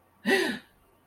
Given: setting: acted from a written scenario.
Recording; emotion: vocal sound without words; embarrassment